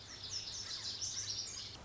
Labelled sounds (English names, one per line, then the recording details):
Lazuli Bunting
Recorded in Sonoma County, California